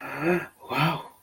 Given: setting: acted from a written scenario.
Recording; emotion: vocal sound without words; positive surprise